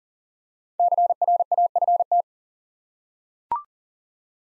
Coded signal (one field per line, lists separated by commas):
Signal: Morse code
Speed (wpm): 42 wpm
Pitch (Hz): 700 Hz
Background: none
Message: CRAFT